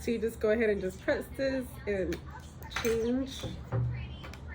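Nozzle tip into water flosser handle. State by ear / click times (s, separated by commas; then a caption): not seated / none. Someone talks while pressing the release button on a cordless water flosser handle and handling a plastic jet tip to push into it. Nothing has seated or clicked yet; the tip is handled but not yet home in the handle.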